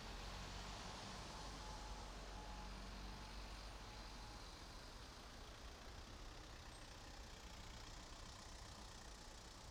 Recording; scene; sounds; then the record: everyday scene through a hearing-aid microphone; in traffic; traffic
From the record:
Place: main road on the outskirts, rush hour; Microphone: in the ear canal, right